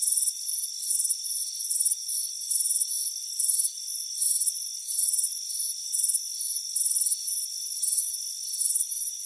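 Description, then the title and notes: Crickets give bright trilled chirps in regular bursts, with a steady high buzz beneath. Warm afternoon on a front porch. "Soothing Crickets Chirping Sound. warm afternoon front porch chirping crickets"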